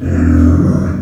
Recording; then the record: squeal of a Yucatan mini pig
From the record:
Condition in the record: after surgery on the right vocal fold (resection and tissue-engineered implant); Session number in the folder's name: 7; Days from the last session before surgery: 47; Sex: female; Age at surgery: 19 weeks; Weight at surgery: 25 kg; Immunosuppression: prednisolone